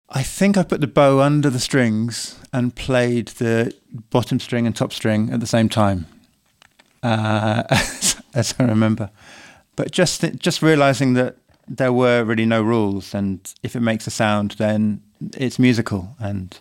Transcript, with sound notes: I think I put the bow under the strings and played the bottom string and top string at the same time, (laughter) as I remember. But just realizing that there were really no rules, and if it makes a sound, then it's musical.